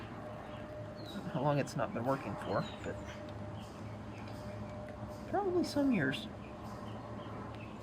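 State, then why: Not seated. During a wiring repair on a scooter's tail lamp and turn signal, a tail lamp connector or socket is handled next to the scooter's tail light housing while someone talks in two bursts over a steady low background hum. The part has not seated or clicked into the housing yet.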